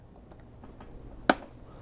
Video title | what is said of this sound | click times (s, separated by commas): FARGO HDP6600 Unboxing (full video) | push it in can physically here and feel that it snaps in and it's properly registered | 1.3 s